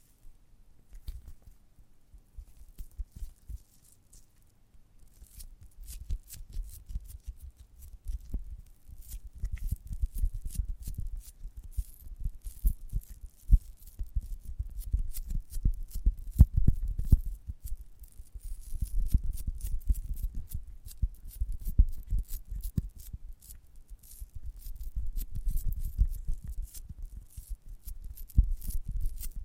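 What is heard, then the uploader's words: Squishing and chewing on a giant gummy bear, a dense run of soft sticky clicks and wet crackles over low, thudding squeezes. The first few seconds are quieter and sparse, then the sound thickens and swells in waves until the end. ASMR of a Giant Gummy Bear (No Talking).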